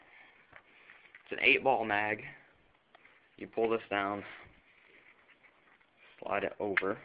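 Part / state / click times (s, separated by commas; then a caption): magazine into paintball pistol / not seated / none. An eight-ball magazine for a Tiberius T8.1 paintball pistol is handled: a part is pulled down and the magazine is positioned to be slid over into the pistol, with a few faint handling ticks while someone talks. Nothing has seated or clicked yet.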